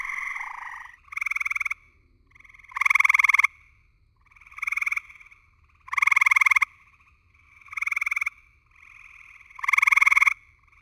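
Gray treefrog calls: several short pulsed trills repeated at a steady pace, alternately louder and softer.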